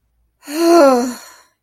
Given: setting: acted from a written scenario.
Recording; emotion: vocal sound without words; relief